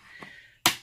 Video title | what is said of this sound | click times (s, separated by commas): HP Pavilion 15-ab243cl disassembly and hard drive SSD replacement upgrade | what you do is just get the tool between the two layers and pry it downwards like this you'll hear it click that | 0.7 s